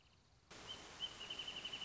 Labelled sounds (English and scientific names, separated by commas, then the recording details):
Wrentit (Chamaea fasciata)
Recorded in Sonoma County, California